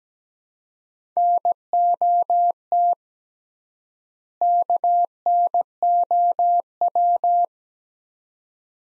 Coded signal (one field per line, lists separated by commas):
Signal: Morse code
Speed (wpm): 17 wpm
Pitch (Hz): 700 Hz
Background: none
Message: NOT KNOW